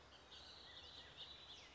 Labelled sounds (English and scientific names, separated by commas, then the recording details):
Bullock's Oriole (Icterus bullockii)
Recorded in Sonoma County, California